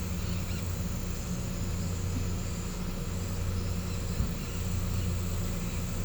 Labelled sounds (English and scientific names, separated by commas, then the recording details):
none
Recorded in pastures near Puerto Asís, Putumayo, Colombia, on 21 December 2024 at 09:00
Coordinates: 0.505, -76.324
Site G063